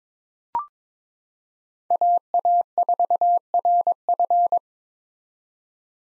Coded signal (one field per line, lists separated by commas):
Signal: Morse code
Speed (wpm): 22 wpm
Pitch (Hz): 700 Hz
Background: none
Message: AA4RF